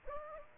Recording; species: mosquito wingbeat signal from an infrared sensor; Aedes aegypti